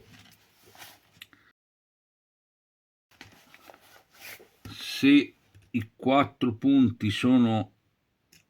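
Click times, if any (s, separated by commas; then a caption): 8.3 s. A small DC connector piece is pressed onto a digital push-button assembly with four contact points while someone talks, with faint handling and rubbing sounds in between. A short, sharp click at 8.3 s marks the piece snapping into place on all four points, and it is confirmed seated.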